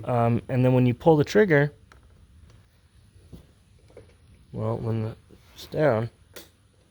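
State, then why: Released. On a Ryobi BP42 backpack blower, pulling the trigger with the start lever down releases the small throttle lock mechanism on the underside of the carburetor. Someone talks through most of the clip, and a short click is heard at 6.4 s as the throttle lock releases.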